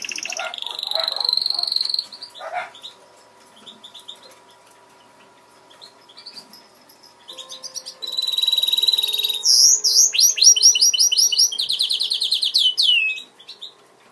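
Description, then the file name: Greenfinch mule song: a loud two-second burst of chirps, a quiet stretch with faint notes, then rapid repeated trills and sweeping whistles from about eight seconds. "greenfinch mule omkicau"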